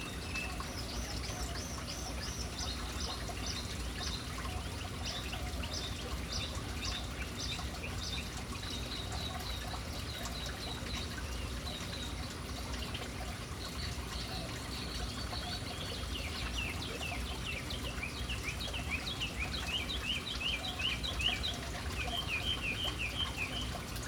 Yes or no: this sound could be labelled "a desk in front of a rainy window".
no